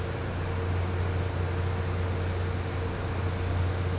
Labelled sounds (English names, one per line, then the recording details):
none
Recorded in pastures near Puerto Asís, Putumayo, Colombia, on 13 March 2025 at 11:00
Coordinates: 0.466, -76.322
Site CSA-02